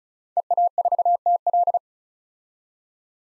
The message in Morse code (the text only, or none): EA4TL